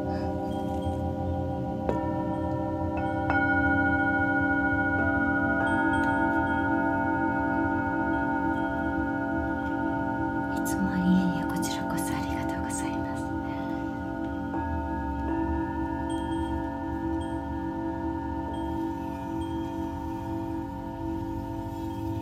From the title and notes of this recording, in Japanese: 夜のシンギングボウルのサウンドヒーリング。チベタンシンギングボウルのサウンドヒーリングデス。